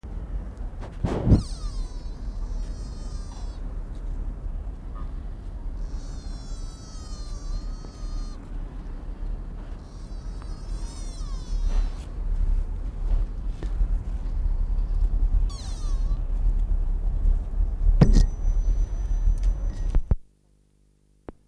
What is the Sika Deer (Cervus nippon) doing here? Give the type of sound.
call